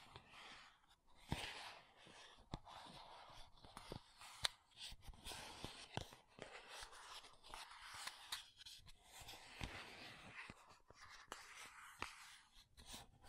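Makeup tapping and scratching: sharp taps every second or so over steady, soft, hissy scratching that swells and fades throughout.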